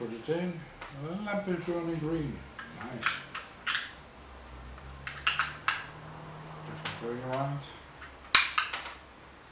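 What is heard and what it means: Someone talks while setting up a new external DSLR camera microphone, turning a part (battery cover or mount) the other way around and pushing it into its fitting. Loud, sharp plastic-like snaps ring out, strongest around 5.3 s and 8.4 s. The part has not clicked into place the way it should.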